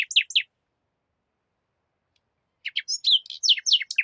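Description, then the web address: Bird song: three sharp, high descending chirps, a silent pause of about two seconds, then a quicker tumbling run of varied high notes and short trills. Recorded in Spain. "Jake Fielding - Sounds of Spain BIRDSong Bird, Nature, Isolated, Spain"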